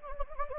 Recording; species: mosquito wingbeat signal from an infrared sensor; Anopheles gambiae